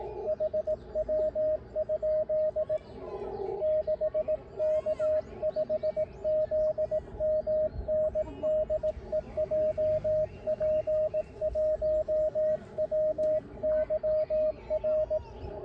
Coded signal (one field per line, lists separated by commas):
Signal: Morse code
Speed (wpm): 18 wpm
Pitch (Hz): 620 Hz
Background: radio noise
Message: HW? 6K5ZMN DE JP1WYR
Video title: 모스 부호로 일본 OM님께 거짓말을 해보자